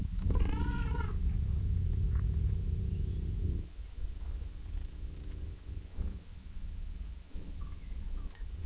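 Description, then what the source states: Cat purring steadily in a low rumble for about three and a half seconds, with a short wavering meow near the start, then quieter low rumbling. Gently meowing and purring in long intervals.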